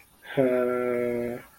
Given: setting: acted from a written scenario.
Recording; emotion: vocal sound without words; confusion